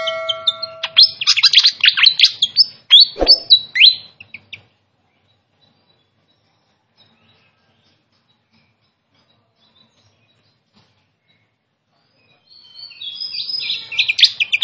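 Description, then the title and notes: Pied fantail song: a rapid burst of high, varied chirps and downward-sweeping notes for about four seconds, then silence, then another bright twittering phrase resuming near the end. Training recording used to teach song; clear voice. "Masteran Sikatan Kipas Suara Jernih Dan Suara Gemericik Air. Suara Burung Sikatan Londo"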